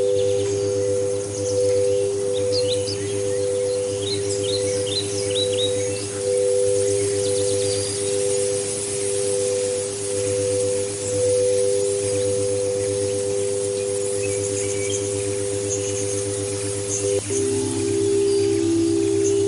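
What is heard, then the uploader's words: Singing bowls ring in a steady, sustained drone among the trees, their mid tones holding evenly until a shift to a lower ringing around seventeen seconds. Small birds chirp brightly in quick bursts early on, over a soft breeze and low background rumble. 8-14 Hz - Alpha - Light Breeze with singing bowls in the Redwood Trees.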